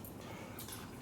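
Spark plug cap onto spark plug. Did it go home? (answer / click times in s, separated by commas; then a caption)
no / none. The second spark plug wire cap is being handled onto the other spark plug during a tune-up of a 1989 93ci Panhead stroker motor conversion in a Harley Softail (FXST/FLST). Steady broadband noise and hiss are heard, with a brief bump at about 0.1 s. Nothing has seated or clicked yet.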